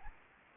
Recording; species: mosquito wingbeat signal from an infrared sensor; Anopheles gambiae